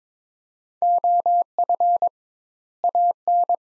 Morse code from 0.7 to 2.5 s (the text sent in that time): OF